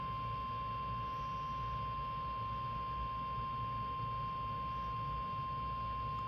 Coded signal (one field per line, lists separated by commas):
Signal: Emergency Alert System (SAME) tones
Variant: 1050 Hz attention tone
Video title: EAS #53 NOAA Weather Radio Required Weekly Test 6/16/21 11:30 AM